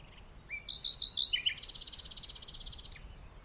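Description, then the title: Common nightingale singing a short rising whistle, a string of bright chirping notes, then a long dry buzzy rattle lasting over a second. Recorded in the dunes of The Hague on a morning walk during lockdown, 12 May 2021, with people walking, running, talking and cycling past. "Nightingale and joggers in the dunes (The Hague, May 12th 2021)"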